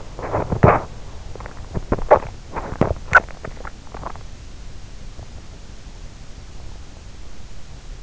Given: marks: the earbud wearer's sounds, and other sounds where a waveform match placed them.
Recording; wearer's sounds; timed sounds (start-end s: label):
sounds in sleep by an in-ear microphone; body movement, swallowing
0.20-0.89 s: body movement
1.71-4.30 s: swallowing